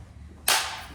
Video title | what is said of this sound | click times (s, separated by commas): Assembly tips for the Dreo Tower Fan | sure it stay there go there's the click | 0.5 s